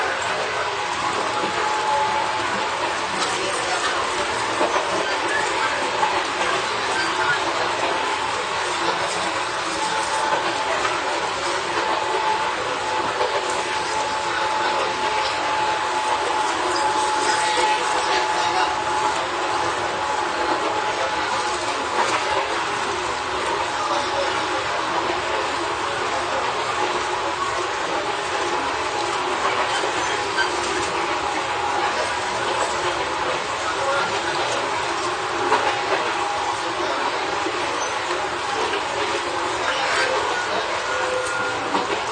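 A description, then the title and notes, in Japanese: Onboard sound of an Izu-Hakone Railway 3000 series steel car running between Shuzenji and Mishima. A steady, dense rumble and hiss of the moving train fills all 42 seconds, with a thin constant whine and occasional faint clicks of the wheels over rail joints. 伊豆箱根鉄道3000系(鋼製車) 修善寺〜三島。車体は20ｍ級3扉車。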